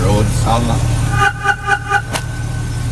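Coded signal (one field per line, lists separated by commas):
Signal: none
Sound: remote starter confirmation chirps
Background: speech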